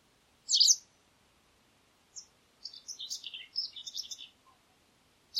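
Bird calls: one sharp, loud chirp, then a brief note and a longer stretch of rapid, jumbled twittering, and another sharp note at the end.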